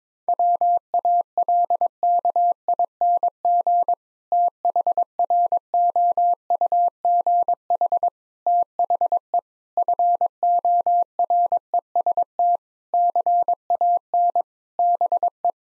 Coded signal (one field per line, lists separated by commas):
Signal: Morse code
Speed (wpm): 22 wpm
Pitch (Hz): 700 Hz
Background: none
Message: WALKING THROUGH THE FOREST CAN BE